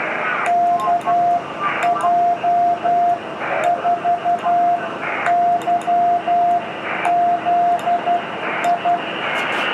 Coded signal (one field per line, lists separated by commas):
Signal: Morse code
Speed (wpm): 12 wpm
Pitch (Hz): 700 Hz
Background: radio noise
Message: KJ4YZI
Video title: QRP portable fun PSK/SSB/CW with FT-817/MFJ-1899t, IC-706MKIIG/End Fed